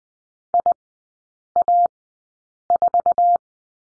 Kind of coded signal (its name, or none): Morse code